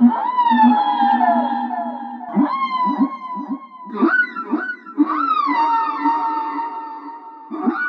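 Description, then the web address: Whale song with long, wavering tonal moans and upswept whoops over short low pulses. "song of the whales"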